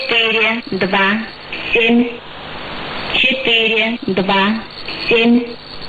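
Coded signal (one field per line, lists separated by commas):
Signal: numbers station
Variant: S06s, Russian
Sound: a woman reads short numbers in Russian, evenly spaced, over hissy shortwave radio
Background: radio static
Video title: 12 03 2019 S06s Russian Lady numbers station in Russian to Eu 0730 on 7425 unknown tx site USB+AM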